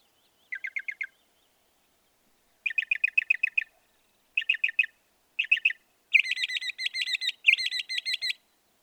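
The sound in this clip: Northern mockingbird song: separate bursts of rapid stuttering notes, each phrase repeated several times, ending with two longer, richer buzzy rattles.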